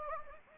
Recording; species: mosquito wingbeat signal from an infrared sensor; Anopheles gambiae